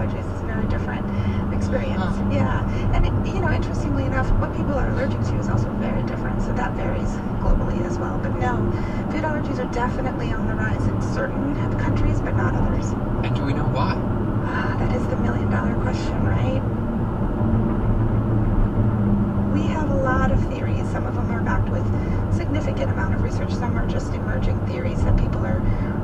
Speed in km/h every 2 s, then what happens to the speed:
82, 84, 84, 84, 84, 84, 85, 84, 79, 77, 74, 74, 72.
0-13 steady at about 84. 13-26 slows to 72.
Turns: none.